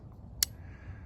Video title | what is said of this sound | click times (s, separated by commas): My Stanley 10-049 Pocketknife, An Intimate Look | this spring-loaded lock snaps back in place and locks it | 0.4 s